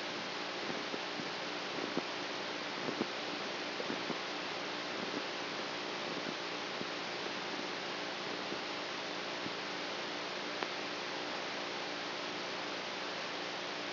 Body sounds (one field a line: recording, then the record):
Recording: brain microelectrode recording played as sound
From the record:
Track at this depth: outside the subthalamic nucleus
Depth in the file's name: 0.089 mm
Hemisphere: right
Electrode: 3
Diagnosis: Parkinson's disease